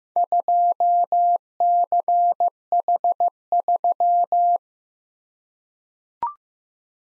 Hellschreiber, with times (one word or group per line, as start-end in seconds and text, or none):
none